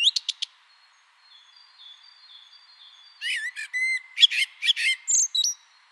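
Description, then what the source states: Common blackbird singing, a brief squeaky phrase, a quiet pause with faint thin whistles, then a busier twittering run of high, chirpy notes. Recorded in spring.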